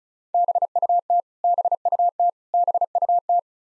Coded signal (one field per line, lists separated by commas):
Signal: Morse code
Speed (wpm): 36 wpm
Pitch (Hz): 700 Hz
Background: none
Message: BUT BUT BUT